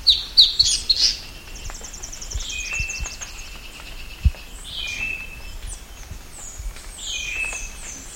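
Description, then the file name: Bird calls: a burst of sharp high chirps, then a rapid buzzy trill and downslurred whistled notes, with other high chirps overlapping and a few low thumps. "SABIOD 50 bird 2015"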